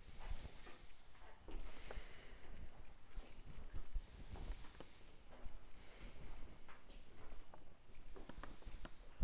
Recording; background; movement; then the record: deep breathing; quiet; walking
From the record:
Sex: male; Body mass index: 21.0 kg/m2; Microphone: on the chest, facing outward